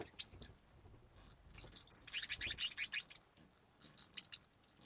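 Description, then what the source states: Bat wing flaps in quick clustered flurries, busiest in the middle, with a steady high-pitched tone. Wing flaps of bats recorded in a cave habitat.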